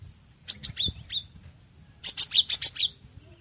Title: Masteran Gelatik Batu